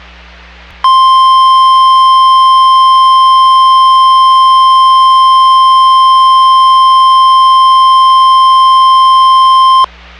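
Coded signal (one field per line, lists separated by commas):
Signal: Emergency Alert System (SAME) tones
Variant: 1050 Hz attention tone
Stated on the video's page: Severe Thunderstorm Warning from NOAA Weather Radio, received online.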